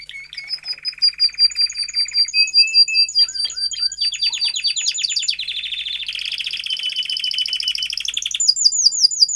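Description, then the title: Domestic canary song, beginning with a steady buzzy roll, then slurred notes and a long run of rapid sweeping trills ending in high whistles. Male canary singing a lot, in a 30-minute canary training recording meant to warm up young birds and Belgian canaries. "Canary Training Esquente Seu Filhote E Canario Belga Em 30 Minutos Macho Cantando Muito"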